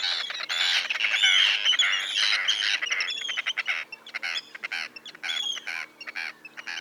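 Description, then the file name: Arctic tern calls, a loud overlapping burst of rasping cries that breaks into rapid, choppy chattering notes. "Arctic Tern Sterna paradisaea"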